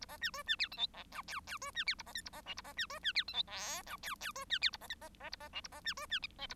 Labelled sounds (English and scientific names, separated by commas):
Bengalese Finch (Lonchura striata domestica) song